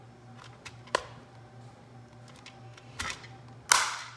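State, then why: Released. A plastic snap-fit clip in the housing of a Casio FX-CG500 graphing calculator is pried open during a teardown, with small clicks and creaks from the plastic as the pressure builds. At 3.7 s the clip pops loose with a sharp, bright crack, releasing the case so it can be opened, followed by another click.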